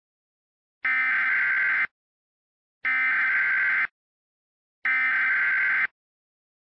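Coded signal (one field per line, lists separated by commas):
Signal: Emergency Alert System (SAME) tones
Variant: header bursts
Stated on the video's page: Fictional scenario alert with valid tones, carried on Xfinity and Spectrum cable.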